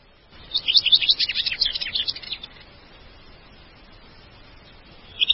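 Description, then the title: White-rumped shama song: a fast burst of sharp, chattering high notes lasting about two seconds, then near quiet before a faint new note begins. "Kicau Murai Batu"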